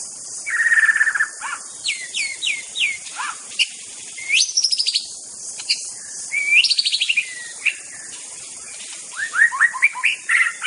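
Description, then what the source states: White-rumped shama singing varied phrases throughout, mixing rattling trills, rising whistles and quick chattering notes with brief pauses between them. Forest-type white-rumped shama.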